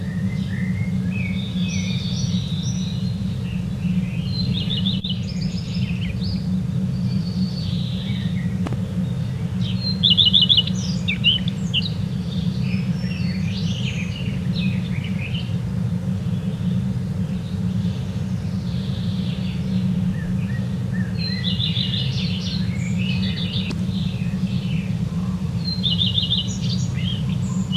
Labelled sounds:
Common Redstart song
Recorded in the wild
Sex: male
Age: adult
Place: Schloß Holte-Stukenbrock, Senne, Nordrhein-Westfalen, DE
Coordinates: 51.8722, 8.665
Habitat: farm
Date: 1973-06-03
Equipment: Uher 4200 Report Stereo, Bändchenmikro Beyer M 260, Parabolspiegel Polyester (600 mm)
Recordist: Conrads, Klaus

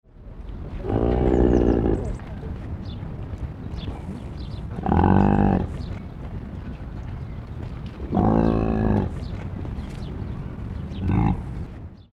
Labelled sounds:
Bactrian Camel
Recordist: Tembrock, Günter
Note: Blöken eines Muttertieres

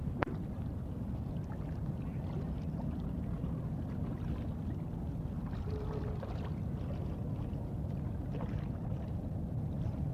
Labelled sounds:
Red-crested Pochard call
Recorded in captivity
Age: adult
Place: Tierpark Berlin, Berlin, DE
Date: 1964-01-04
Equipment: R 20
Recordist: TSA
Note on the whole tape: Rufe

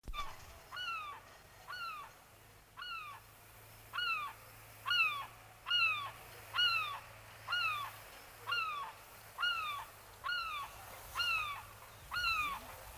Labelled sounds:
European Herring Gull
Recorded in the wild
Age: adult
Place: Bansin, Insel Usedom, Mecklenburg-Vorpommern, DE
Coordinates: 53.9603, 14.1317
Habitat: lake
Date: 1983-09-23 18:08
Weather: sunny, gusty winds
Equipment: Nagra SN, Sennheiser MKH 416 T, Kopie Uher 4000 Report Monitor
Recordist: Tembrock, Günter

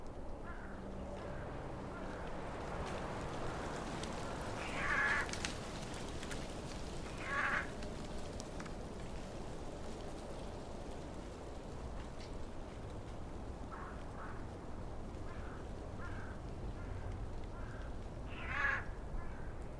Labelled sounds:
Eurasian Jay call
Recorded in the wild
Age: adult
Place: Kremmen, Kremmener Luch, Brandenburg, DE
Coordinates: 52.7531, 13.0597
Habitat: decidous forest
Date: 2013-03-16 10:12
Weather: sunny, almost windless, -10°C
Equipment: Sound Devices 702, Sennheiser MKH 70, Rycote Windschutz
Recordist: Frommolt, Karl-Heinz

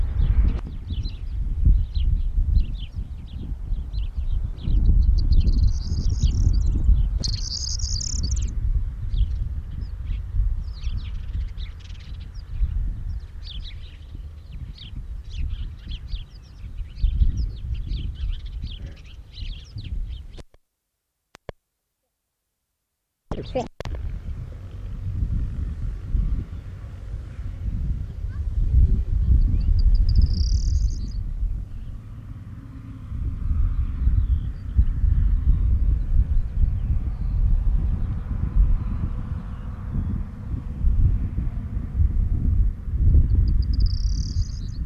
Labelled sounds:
Corn Bunting song
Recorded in the wild
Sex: male
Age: adult
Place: Steinheim (Westfalen), Lipper Bergland, Nordrhein-Westfalen, DE
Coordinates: 51.8833, 9.08333
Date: 1971-04-16
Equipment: Uher 4000 Report-S, Bändchenmikro Beyer M 260, Parabolspiegel Polyester (470 mm)
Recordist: Conrads, Klaus

